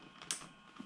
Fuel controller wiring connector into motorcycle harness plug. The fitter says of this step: heard it click